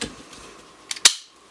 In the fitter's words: Snap right in, okay? Make sure that's snapped in.